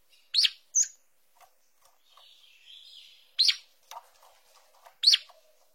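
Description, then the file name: Green-winged saltator producing loud sharp chirps, a quick pair and then two more, with soft warbling and faint clicks between. "canto do bico duro"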